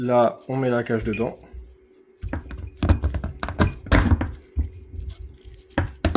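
Someone talks at the start, then a plastic cage is handled and pushed toward an oil filter housing with a series of hard knocks and clinks, the sharpest near 4.0 s and 6.2 s. The part has not yet clicked or seated in the housing when the clip ends.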